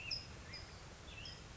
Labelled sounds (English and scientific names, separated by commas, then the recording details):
California Towhee (Melozone crissalis)
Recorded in Sonoma County, California